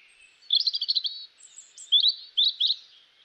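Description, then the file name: European robin song: a rapid, rippling trill of liquid notes, a brief pause with a thin high whistle, then two more bright, jangling phrases. "Erithacus rubecula"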